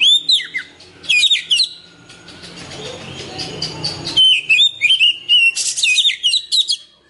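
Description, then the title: Oriental magpie-robin singing rich whistles and quick slurred notes at the start and again at the end, with a stretch of rustling noise in between. "Kacer"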